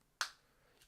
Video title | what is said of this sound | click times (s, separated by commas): Ford Explorer Key Fob Battery Replacement (2022–2025) - CR2450 | You can hear it snap. | 0.2 s